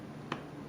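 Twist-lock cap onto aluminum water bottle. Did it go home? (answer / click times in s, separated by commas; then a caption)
yes / 0.3 s. A twist-lock cap is set onto a threadless aluminum Liberty water bottle from Liberty BottleWorks, and once the lock drops in it is given a quarter turn. A single short, sharp click sounds at 0.3 s over a steady low background. The cap is locked on and seated.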